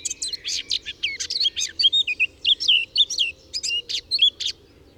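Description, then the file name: Eurasian blackcap delivering a dense, hurried warble of quick scratchy notes mixed with bright whistled slurs, continuing through nearly the whole stretch. "Sylvia atricapilla"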